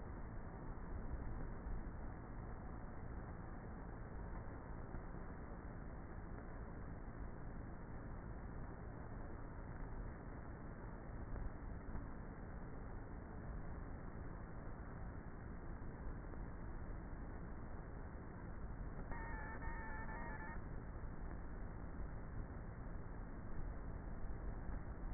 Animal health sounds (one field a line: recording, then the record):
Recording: honeybee colony, microphone inside the hive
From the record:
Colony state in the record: queenless with a low population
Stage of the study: before two queens were removed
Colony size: about 30,000 bees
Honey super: no